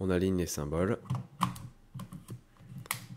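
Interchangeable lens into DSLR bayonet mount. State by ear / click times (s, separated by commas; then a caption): seated / 2.9 s. An interchangeable lens is fitted to the bayonet mount of a Canon EOS 70D DSLR body: someone talks while the mount markings on the lens and body are lined up, followed by a few small clicks and rattles as the lens is twisted. A sharp final click at 2.9 s marks the lens locking into the mount, confirming it is seated.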